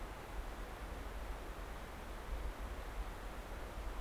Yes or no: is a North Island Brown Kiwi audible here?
no